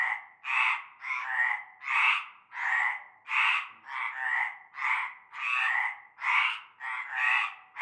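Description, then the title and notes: Frog chorus of rasping croaks from several callers in quick succession, some notes overlapping. Frog chorus at nightfall in a large concrete basin holding stagnant greenish water; La Ciotat, Bouches-du-Rhône, Provence, France. "Avenue Cante Coucou, Groupède, La Ciotat, Marseille, Bouches-du-Rhône, Provence-Alpes-Côte d'Azur, France métropolitaine, 13600, France - cœur de grenouilles. Une grande vasque en béton, un fond d'eau verdâtre croupissant. et un cœur de grenouilles dès la nuit tombée"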